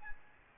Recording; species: mosquito wingbeat signal from an infrared sensor; Aedes albopictus